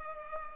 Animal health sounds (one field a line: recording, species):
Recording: mosquito wingbeat signal from an infrared sensor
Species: Culex pipiens